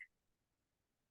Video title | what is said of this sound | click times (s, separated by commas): Online Class: Easy Knotter Fall Flair Necklace with The Beadsmith® - Michaels | you'll hear that little click. | 0.0 s